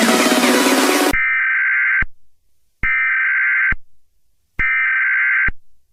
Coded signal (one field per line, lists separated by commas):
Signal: Emergency Alert System (SAME) tones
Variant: header bursts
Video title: EAS Scenario #85: Stay Awake!!!!